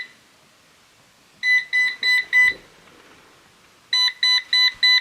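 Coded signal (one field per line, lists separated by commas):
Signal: beep code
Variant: Eufy RoboVac 11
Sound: four short shrill beeps, a pause, then four more beeps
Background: quiet room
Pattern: 4 short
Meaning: The rolling brush is stuck, or possibly the battery is dead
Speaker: Now this is what it is doing. So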